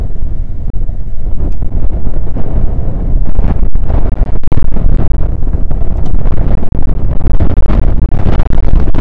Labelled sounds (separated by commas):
wind